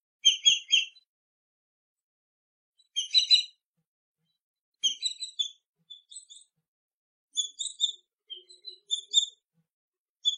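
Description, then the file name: Swallow-tailed kite calls: clusters of sharp, high, whistled notes in brief rapid series, separated by pauses of up to two seconds, against near silence. "Canto do Gaviao tesoura"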